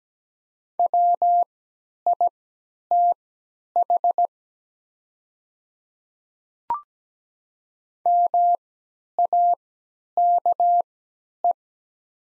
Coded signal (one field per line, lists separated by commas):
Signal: Morse code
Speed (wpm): 17 wpm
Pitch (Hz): 700 Hz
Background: none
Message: WITH MAKE